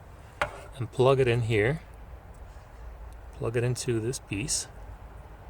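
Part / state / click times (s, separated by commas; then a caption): wiring plug into mating car connector / not seated / none. A wiring plug is handled against the mating plastic car connector for an electronic retractable wing spoiler retrofit on a B8/B8.5 Audi A5/S5, while someone talks. A brief sharp knock is heard at 0.4 s, but nothing has seated or clicked yet; the plug is not yet home.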